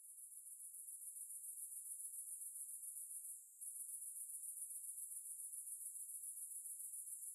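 Cicadas buzzing, a continuous very high pulsing drone that barely pauses once midway, with no other sounds.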